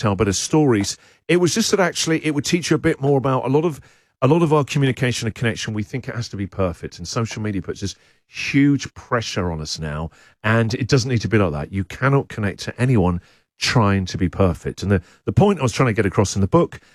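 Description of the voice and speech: An adult man, a radio host, talks about his book at a relaxed, even pace in clear, moderately low-pitched speech with natural pauses between phrases. Articulation and voice quality are ordinary and fluent, with no blocks, repetitions or slurring: typical speech with no speech disorder.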